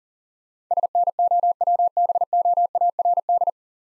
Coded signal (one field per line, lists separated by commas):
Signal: Morse code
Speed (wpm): 45 wpm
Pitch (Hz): 700 Hz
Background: none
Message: SNOWBOARD